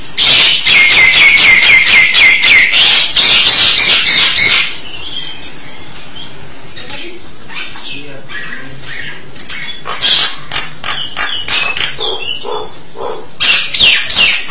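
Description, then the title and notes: Starling song opening with a fast, even rattle of repeated high notes for several seconds, then quieter scattered chirps and a final burst of chatter. "suara burung jalak"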